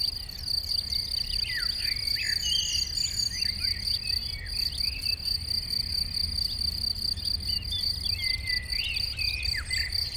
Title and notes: Chindrieux, France - Concert de grillons. Dans une prairie ensoleillée en pente orientée à l'Ouest , concert de grillons et chants d'oiseaux dans les arbres à l'entour , bruits de circulation de la route proche